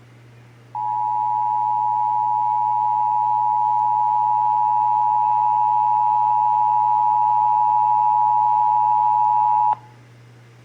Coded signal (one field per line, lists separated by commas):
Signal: Emergency Alert System (SAME) tones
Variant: 853 and 960 Hz attention tone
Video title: (EAS #489-497) July 2023 Texas Required Monthly Test